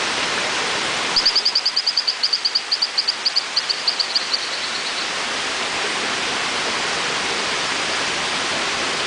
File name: Hylodes phyllodes